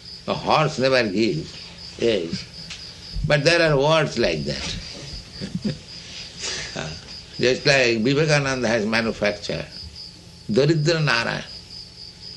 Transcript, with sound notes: Now, horse never gives eggs, but there are words like that. [chuckles] Just like Vivekananda has manufactured: daridra-nārāyaṇa.